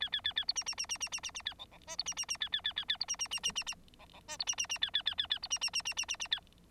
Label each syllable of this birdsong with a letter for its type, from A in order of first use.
A A A A B C C C C C C C C A D D E B C C C A A A A A B C C C C C C D D E B C C C A A A A A B C C C C C C C A